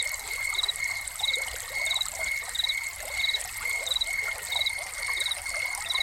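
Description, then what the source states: Cricket chirps in even high pulses, partly masked by a strong splashing, trickling water sound. Crickets heard together with a fountain, presented as a soundscape.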